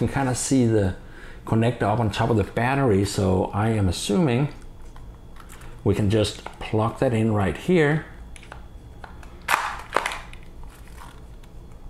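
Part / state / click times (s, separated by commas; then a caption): battery cable connector into drone power lead / not seated / none. Someone talks while trying to plug the drone's battery lead connector into its mating power plug, then a cluster of small plastic clicks and knocks follows around 5.0–5.5 s, with sharper, louder clicks from 8.5 to 10.3 s. The connector does not go home and nothing has seated or clicked yet, so the attempt fails.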